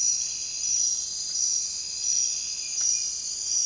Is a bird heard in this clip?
no